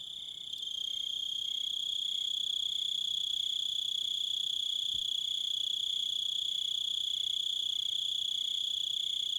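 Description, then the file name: Cricket chirping, a shrill unbroken high trill; a faint low thump is heard near the middle. Several crickets. "Zvuki - Sverchki i volki"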